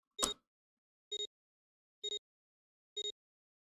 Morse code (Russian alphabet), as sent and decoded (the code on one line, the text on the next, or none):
none